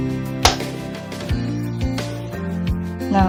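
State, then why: Released. The back plate of a plastic fashion doll's head is pried apart at one side until the internal latch in the head shell releases with a sharp click at 0.5 s, opening that side. Steady music plays throughout, with fainter taps around 1.3 s and 2.0 s.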